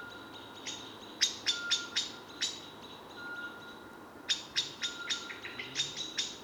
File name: Turdus merula